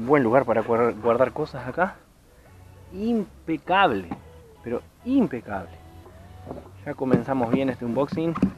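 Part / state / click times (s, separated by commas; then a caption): hatch lid on a kayak hull storage opening / not seated / none. Someone talks over music while handling the plastic hatch lid over the hull storage opening on a MERO double fishing kayak. Nothing has seated or clicked yet; the lid has not been closed or latched by the end of the clip.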